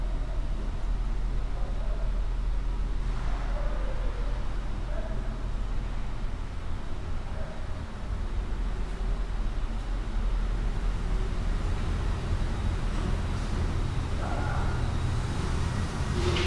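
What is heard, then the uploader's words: A walk through a building basement, dominated by a steady, heavy low rumble of machinery that never lets up. Faint scuffs and small knocks surface now and then, around three, five and fourteen seconds, over the constant drone. Soundwalk in the new NBMAA basement. Passing through many of the rooms and other areas of the basement.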